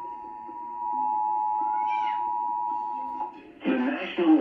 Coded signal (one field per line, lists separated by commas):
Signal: Emergency Alert System (SAME) tones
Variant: 853 and 960 Hz attention tone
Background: speech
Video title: Severe thunderstorm Warning On NOAA Weather Radio and TV (Double hitter)